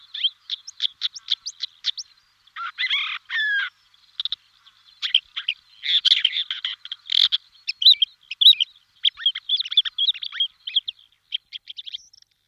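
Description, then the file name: Lesser grey shrike chattering song: quick runs of sharp clicks and short scratchy notes, mixed with brief squeaky phrases and pauses, in a busy, irregular stream. "averla cenerina"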